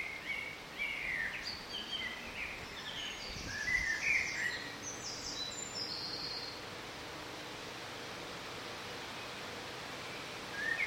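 Bird song: lively warbling for several seconds, followed by fast, high buzzy trills, then quiet hiss until a brief warbled note returns at the end.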